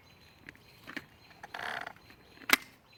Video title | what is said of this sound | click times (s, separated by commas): Dewalt XR 20v String Trimmer Review and Demonstration | so you hear it click | 2.5 s